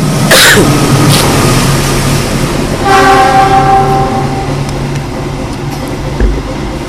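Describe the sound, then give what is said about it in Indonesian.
A long freight train rumbles past in a steady, heavy roar, with a bright, tonal horn blast sounding midway before the clatter continues on. No one speaks. “Jadi kereta barang kalau ini nih, iya kan? Lebih panjang kereta barang biasanya.”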